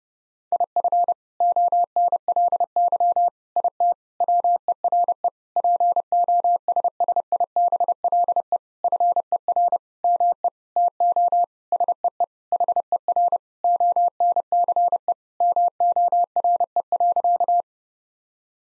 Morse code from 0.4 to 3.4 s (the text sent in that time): IF ONLY